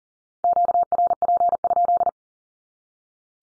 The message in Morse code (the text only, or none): QRP?